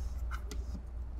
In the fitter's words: kind of locks in place there it's a little bit wobbly though